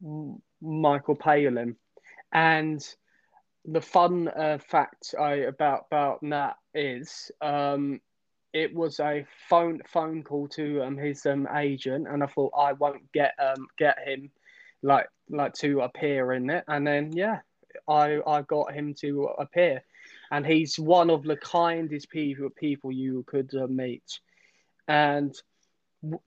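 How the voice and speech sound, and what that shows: Adult man who has stammered since about age eight, roughly 23 years, and has had speech therapy. He speaks with a stammer: frequent whole-word and phrase repetitions, some part-word repetitions, fillers such as 'um' and 'uh', and pauses.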